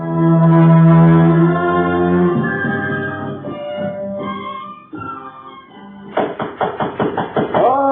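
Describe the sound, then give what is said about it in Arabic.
A quick run of sharp, evenly spaced knocks on a door at an early hour, about eight raps, comes in at the end after several seconds of sustained, tonal music-like sound. “من يطرق الباب في هذا الوقت المبكر؟”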